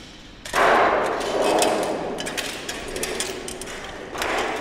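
A wind turbine technician's quick footsteps climb the vertical metal ladder inside the turbine tower up to the nacelle, a series of sharp clanking thuds in an uneven rhythm over a steady rushing background noise, with a final cluster of knocks near the end.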